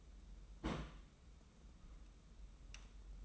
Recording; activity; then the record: daily activity, microphone in the room; place on stove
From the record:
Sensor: 1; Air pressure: 994.5 hPa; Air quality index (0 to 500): 230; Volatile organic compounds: 1000 ppm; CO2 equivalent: 8297 ppm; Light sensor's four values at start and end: 141/324/144/159 and 141/324/144/159